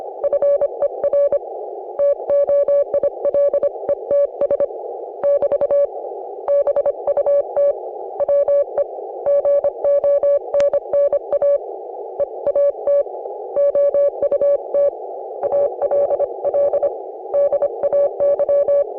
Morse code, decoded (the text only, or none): FER TOILETS <BT> BUT WE GONNA EAT OUT ALL DAY